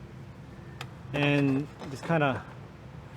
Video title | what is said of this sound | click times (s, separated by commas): 2015-2020 Ford F150 Lariat Fender Installation with Fender Flare - ReveMoto | go in there you hear a click it be like click | 0.8 s